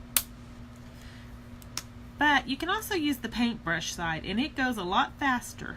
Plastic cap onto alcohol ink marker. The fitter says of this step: I'll stick the lid back on it be sure to listen for the click but